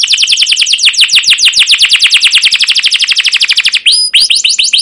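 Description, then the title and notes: Canary song: a long, fast, rattling trill of high downslurred notes, then a short break and a few sharp, separate, swooping whistles. Caged canary song used as lure to train young canaries to learn sounds; style described as cuit cuit ngerol, gacor panjang, emosi: chirping, rolling, long continuous excited singing. "CUIT CUIT NGEROL GACOR PANJANG Kenari Pancingan KENAR. PANCINGAN Kenari GACOR PANJANG Cuit CUIT EMOSI MASTERAN Kenari PAUD belajar BUNYI. burung kenari"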